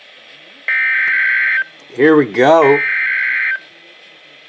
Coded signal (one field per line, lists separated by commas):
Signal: Emergency Alert System (SAME) tones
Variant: header bursts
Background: speech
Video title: NOAA Weather Radio EAS #469-470: Winter Storm + Lake Effect Snow Warnings (with Watches!)